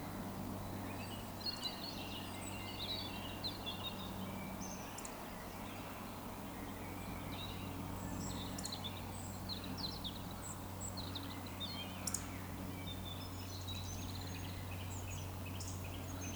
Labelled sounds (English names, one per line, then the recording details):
Eurasian Woodcock
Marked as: woodcock, woodcock, woodcock, woodcock, woodcock
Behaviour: display flight
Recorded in Baden-Württemberg, Germany, on 16 June 2020 at 20:05 UTC
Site 14569, 102 m above sea level